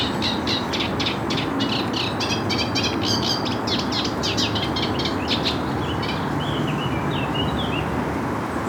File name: Acrocephalus scirpaceus - Eurasian Reed Warbler